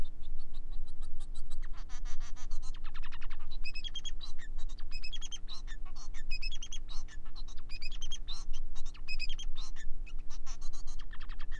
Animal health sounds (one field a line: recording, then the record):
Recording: song of a male Bengalese finch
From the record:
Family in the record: son of father 4